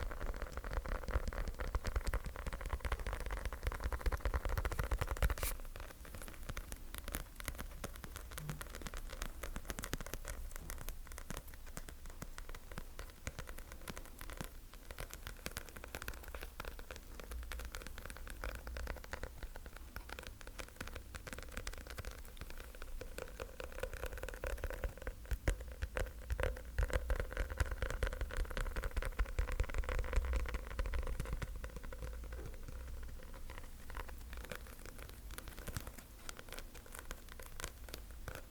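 Sticky tapping makes a dense, fast patter of small clicks and crackles, like rain on a surface, running steadily for the whole 39 seconds. A low rumble sits underneath and swells louder at the start and again around 25 to 31 seconds.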